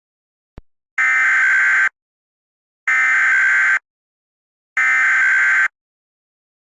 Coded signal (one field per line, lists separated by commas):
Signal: Emergency Alert System (SAME) tones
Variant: header bursts